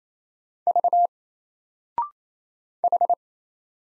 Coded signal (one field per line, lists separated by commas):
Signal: Morse code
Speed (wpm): 27 wpm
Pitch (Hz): 700 Hz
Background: none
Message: V H